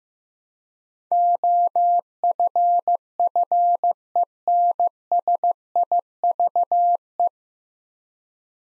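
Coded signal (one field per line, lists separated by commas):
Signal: Morse code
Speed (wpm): 15 wpm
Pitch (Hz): 700 Hz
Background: none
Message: OFFENSIVE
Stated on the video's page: Morse practice at 15 wpm: nine-letter words, each sent, then spoken, then sent again.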